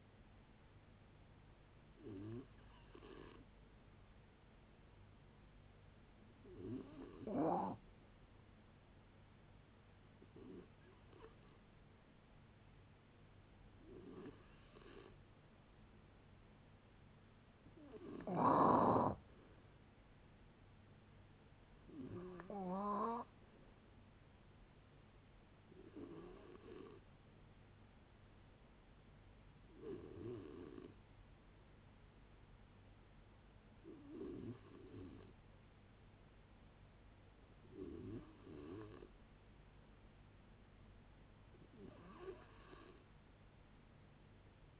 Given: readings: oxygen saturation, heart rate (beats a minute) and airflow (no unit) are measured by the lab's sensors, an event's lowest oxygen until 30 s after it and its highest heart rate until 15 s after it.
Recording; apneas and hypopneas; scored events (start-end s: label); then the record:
a person awake in a sleep study, by a voice recorder at the bedside; none
0.00-44.80 s: awake
0.00-44.80 s: awake
From the record:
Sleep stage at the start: awake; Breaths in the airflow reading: 15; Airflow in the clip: -0.6 to 0.7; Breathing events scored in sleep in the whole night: 496 in 5.4 hours asleep